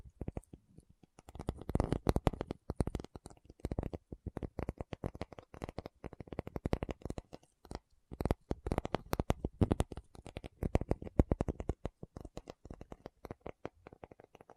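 Rapid tapping runs through the whole fifteen seconds, dense clusters of sharp, crisp taps coming in quick irregular bursts. A brief near-pause falls around the eighth second before the tapping resumes just as busily. No voice is heard, only the clicky, papery taps.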